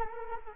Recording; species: mosquito wingbeat signal from an infrared sensor; Culex quinquefasciatus